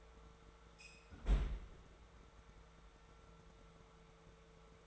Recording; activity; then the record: daily activity, microphone in the room; close fridge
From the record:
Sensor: 3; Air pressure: 1014.9 hPa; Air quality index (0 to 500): 200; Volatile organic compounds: 29 ppm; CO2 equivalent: 2928 ppm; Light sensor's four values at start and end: 24/60/25/26 and 22/55/23/24